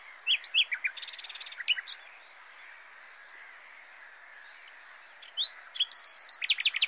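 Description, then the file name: Common nightingale song: sharp whistled notes, a buzzy rattling trill, then after a pause a lively series of high repeated notes, set against steady background noise. "Luscinia megarhynchos"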